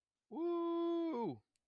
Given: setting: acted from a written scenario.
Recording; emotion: vocal sound without words; elation